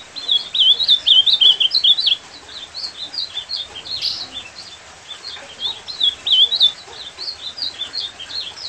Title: Encarte Seu Golinha Com Este Lindo Canto De Azulão